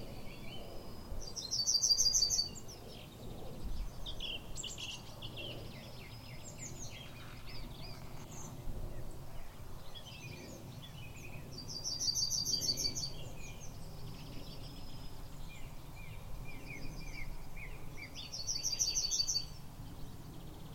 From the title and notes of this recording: YELLOWHAMMER SONG. This Yellowhammer (Emberiza citrinella) is a beautiful farmland bird.